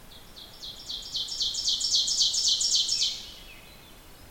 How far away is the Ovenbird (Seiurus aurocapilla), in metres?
about 10 m